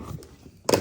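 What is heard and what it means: During teardown of a Dyson V10 stick vacuum's cyclone assembly, the plastic inner cyclone part is pushed down with moderate force inside its cyclone housing. After a quiet, low stretch, a sharp pop-like thunk at 0.7 s marks the part popping down and releasing from its seat.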